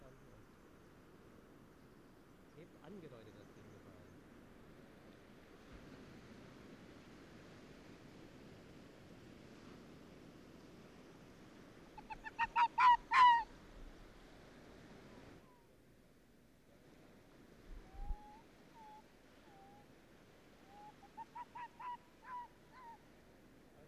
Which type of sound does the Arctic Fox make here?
barking